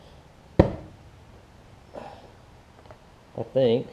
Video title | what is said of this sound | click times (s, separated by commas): Ultrasonic cleaner success on a Murray push mower carb plus pull rope and primer bulb replacement | you get them in the right spot you will hear them click i got that one in the right spot | 0.6 s